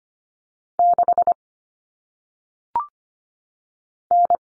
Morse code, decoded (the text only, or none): 6 N